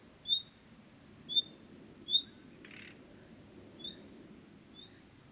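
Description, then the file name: Common nightingale uttering three clear, sharp whistled notes, then one brief rasping buzz and two softer whistles, with low steady background noise. "Luscinia megarhynchos"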